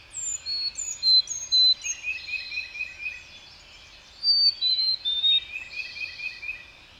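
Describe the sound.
Bird song: high whistled notes and short descending slurs in two bursts, with a lower trilling chatter running beneath and a pause in between.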